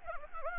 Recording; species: mosquito wingbeat signal from an infrared sensor; Anopheles gambiae